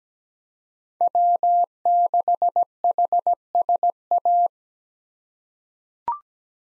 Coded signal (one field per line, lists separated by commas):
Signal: Morse code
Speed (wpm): 17 wpm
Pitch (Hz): 700 Hz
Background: none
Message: W6HSA